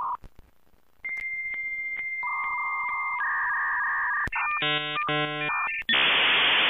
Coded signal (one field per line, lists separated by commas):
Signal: dial-up modem handshake